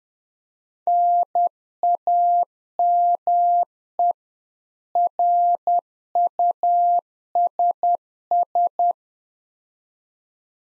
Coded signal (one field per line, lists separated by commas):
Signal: Morse code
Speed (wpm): 10 wpm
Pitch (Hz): 700 Hz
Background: none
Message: NAME RUSS